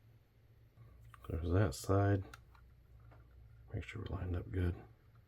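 Someone talks while lining up a plastic rear spoiler on the plastic body of a Revell Boss 351 model car kit, with a few faint handling taps. The spoiler has not seated or clicked into place yet.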